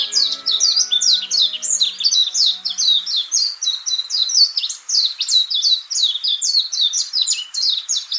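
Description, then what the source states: Warbling white-eye song, a long rapid stream of high, twittering slurred notes running without a break; faint lower tones underneath for the first three seconds. Recorded on the Senami coast, Niigata Prefecture, Japan.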